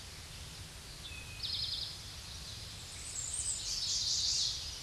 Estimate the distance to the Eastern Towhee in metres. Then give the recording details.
about 45 m. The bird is about 5 m above the microphone. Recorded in a Pennsylvania forest on 16 May 2024 at 07:13. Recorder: AudioMoth, point MSD-2007. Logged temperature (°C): 16.1 °C. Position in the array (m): 77 m, 29 m